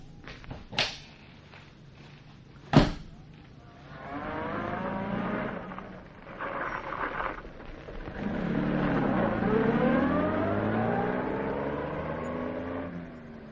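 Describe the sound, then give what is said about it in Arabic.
Two sharp slams, then a small car's engine starts up and pulls off, its hum rising in pitch through several gear changes as it accelerates steadily. “لا انا معي عربية صغيرة، وعلى رأي المثل حمرتك العرقة.”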